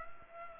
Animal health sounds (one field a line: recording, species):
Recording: mosquito wingbeat signal from an infrared sensor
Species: Culex pipiens